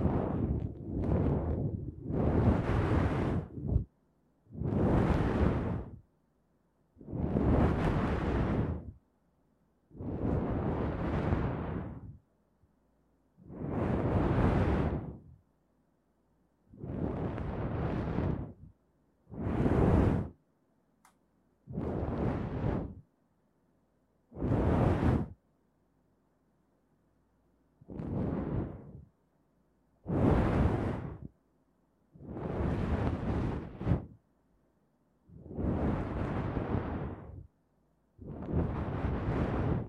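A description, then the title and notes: Ear cleaning sounds come as a series of loud rushing, scratchy bursts, each lasting one to two seconds, separated by brief silences. About fifteen bursts arrive at a fairly regular pace, some swelling and fading, with a faint low hum between them. Tascam 耳掃除 | Tascam Ear Cleaning | NO Talking.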